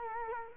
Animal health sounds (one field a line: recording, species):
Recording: mosquito wingbeat signal from an infrared sensor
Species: Culex quinquefasciatus